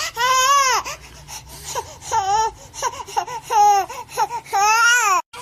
Baby Crying.